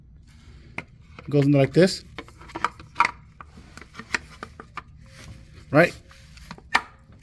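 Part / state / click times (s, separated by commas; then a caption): automatic transmission filter into transmission valve body bore / seated / 6.8 s. A new automatic transmission filter with its new O-ring is pushed up into its bore in the transmission valve body of a 2007–2011 Toyota Camry V6 3.5L. Someone talks over scattered light knocks and handling taps. A sharp snap at 6.8 s marks the filter seating in place.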